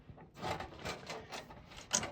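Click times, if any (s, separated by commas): 2.0 s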